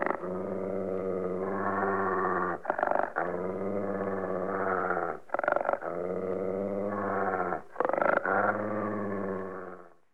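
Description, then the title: Dog giving a deep, sustained growl in several long bouts separated by brief pauses. "NHK Sound Effects Collection Frogs, Crickets, Cicadas, Horses, Dogs"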